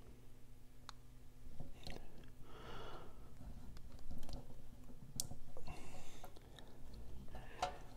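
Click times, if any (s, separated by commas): 0.9 s, 5.2 s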